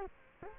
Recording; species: mosquito wingbeat signal from an infrared sensor; Culex quinquefasciatus